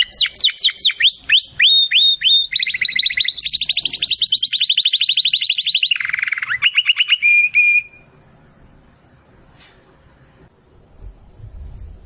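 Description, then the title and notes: Domestic canary singing: rapid sweeping trills at varied pitches, run together for about eight seconds, then silence with faint low background noise. Belgian canary of the Campainha type, singing. "Canário Belga Campainha Canary Singing. Canario Belga Cantando"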